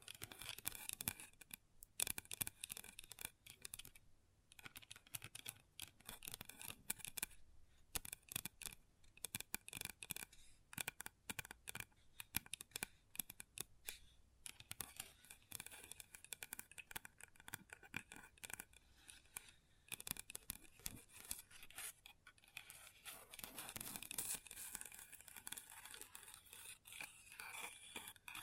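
Long nails tap and scratch across a table in dense, irregular bursts of bright clicks and rasps, with brief pauses throughout.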